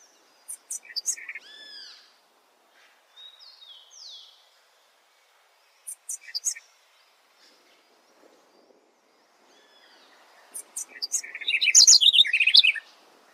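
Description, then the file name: Tepui wren song: scattered short whistled and slurred notes, some downslurred, then a fast, bright, jumbled run of high notes near the end. "Canto do corruira do tepui"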